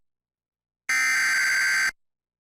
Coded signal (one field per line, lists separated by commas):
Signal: Emergency Alert System (SAME) tones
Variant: header bursts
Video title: Severe Thunderstorm Warning on TV (EAS #686)